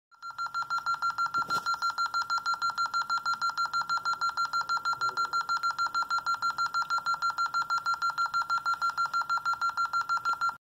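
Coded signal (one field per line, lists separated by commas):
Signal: alarm pattern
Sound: fast continuous high beeping, about seven short beeps per second, for the whole clip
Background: small room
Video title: Alarm 54 beeping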